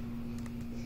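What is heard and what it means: A plastic space bar keycap is handled over a MacBook's butterfly key mechanism before being pressed down to test whether it stays in place. A steady low hum runs throughout, with a faint, brief tap around 0.5 s. Nothing has seated or clicked into place yet.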